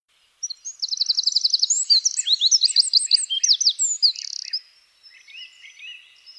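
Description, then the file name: Eurasian wren song: a loud, fast torrent of high trills and sharp twittering notes lasting about four seconds. "Troglodytes troglodytes"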